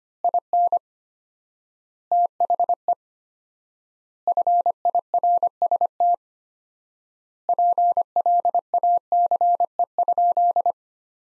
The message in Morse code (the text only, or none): IN THE FIRST PLACE?